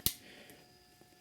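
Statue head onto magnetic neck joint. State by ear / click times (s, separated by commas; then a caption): seated / 0.1 s. A statue's head is placed onto its neck joint, where a newly embedded magnet pulls it into place with a single sharp click at 0.1 seconds. After the click, only faint quiet noise follows. The head is seated.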